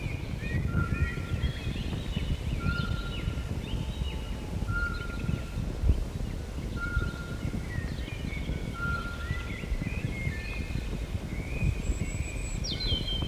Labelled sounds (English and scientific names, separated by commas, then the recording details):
Eurasian Pygmy Owl (Glaucidium passerinum)
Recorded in the wild
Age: adult
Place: Mežakla, Julijske Alpe, Gorenjska, SI
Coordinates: 46.4, 14
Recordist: Brunner, Thomas